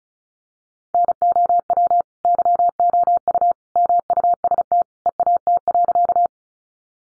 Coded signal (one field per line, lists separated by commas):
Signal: Morse code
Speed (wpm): 34 wpm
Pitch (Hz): 700 Hz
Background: none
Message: NOW YOU MUST EAT.